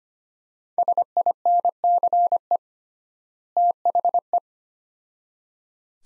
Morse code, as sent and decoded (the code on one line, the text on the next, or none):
... .. -. -.-. . / - .... .
SINCE THE